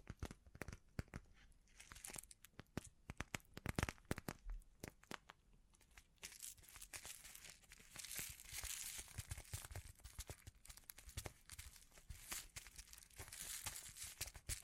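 Bling bling triggers: a busy stream of crisp clicks, crinkles and taps with no pauses. Sharp separate snaps dominate the first six seconds, then a brighter, denser rustling crackle takes over, swelling around eight and thirteen seconds.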